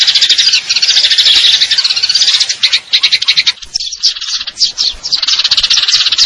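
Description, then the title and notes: Eurasian tree sparrow chattering, rapid high chirps merging into buzzy trills, broken by short gaps near three and four seconds before the busy twittering resumes. Fighting call (tarung) with long trills (nembak panjang); clear-sound masteran training recording intended for contest birds. "GEREJA TARUNG NEMBAK PANJANG SUARA JERNIH MASTERAN WAJIB BURUNG LOMBA. Burung Gereja"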